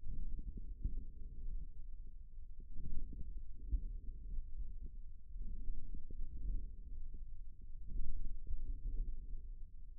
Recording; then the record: forearm muscle sounds (acoustic myography)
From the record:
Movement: forearm supination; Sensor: system 1, eight BSWA MPA416 microphones around the upper forearm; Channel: 8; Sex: male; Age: 54 years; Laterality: right